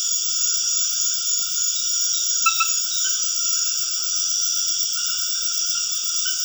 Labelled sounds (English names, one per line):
none